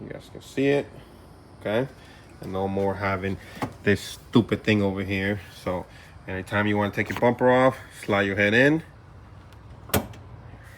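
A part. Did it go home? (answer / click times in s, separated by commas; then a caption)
released / 9.9 s. Someone talks while a car bumper's edge sits in a plastic quick release bracket on an RSX. A tool or hand is slid in to release it, and a single sharp, loud pop sounds at 9.9 s as the bumper quick release pops open and the bumper is released.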